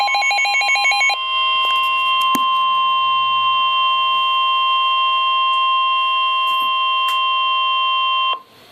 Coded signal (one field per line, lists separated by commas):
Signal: Emergency Alert System (SAME) tones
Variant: 1050 Hz attention tone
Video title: Severe Thunderstorm Warning (EAS #116)